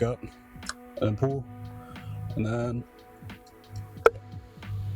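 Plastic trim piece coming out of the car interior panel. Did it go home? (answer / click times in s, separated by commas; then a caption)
released / 4.1 s. A plastic interior trim piece on an E46 car is lifted up and pulled while someone talks over background music. Its clip lets go with a sharp snap at 4.1 s, and the trim piece comes out.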